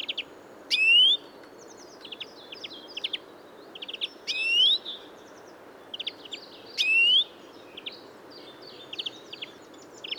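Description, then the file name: European greenfinch calls: three rising whistles spaced about three seconds apart, each followed by quick chirping twitters. "Chloris chloris"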